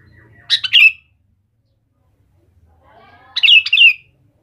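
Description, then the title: Sooty-headed bulbul song: two short bubbly phrases about three seconds apart, each ending in a longer liquid note. "Kutilang"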